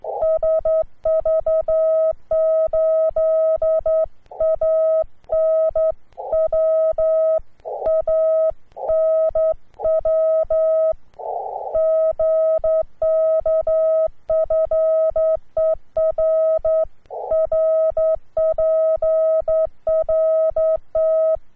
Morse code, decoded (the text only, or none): SV8ANW ANW GKFER RPRT